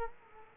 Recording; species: mosquito wingbeat signal from an infrared sensor; Culex quinquefasciatus